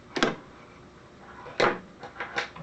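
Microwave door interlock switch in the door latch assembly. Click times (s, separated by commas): 0.2 s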